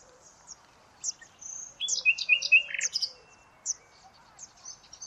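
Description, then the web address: Bird calls: sharp high chirps and short twittering notes, with a dense buzzy burst in the middle, over a quiet background. "Deverinetal 2025. Bird Only"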